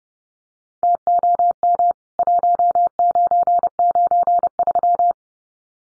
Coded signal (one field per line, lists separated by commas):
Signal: Morse code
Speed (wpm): 30 wpm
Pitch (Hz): 700 Hz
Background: none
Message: TOM 1993